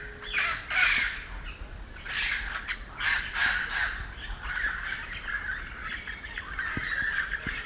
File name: red crowned parrot